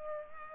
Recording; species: mosquito wingbeat signal from an infrared sensor; Culex pipiens